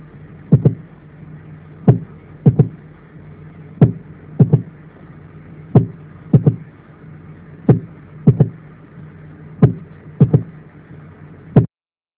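Adult heart by stethoscope: mitral stenosis opening snap, a sharp click closely following the second heart sound in each cycle.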